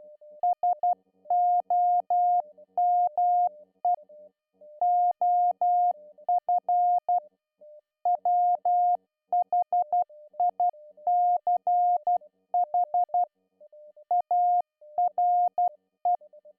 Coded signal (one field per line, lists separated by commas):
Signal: Morse code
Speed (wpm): 12 wpm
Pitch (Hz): 710 Hz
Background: music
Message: SOME OF WHICH ARE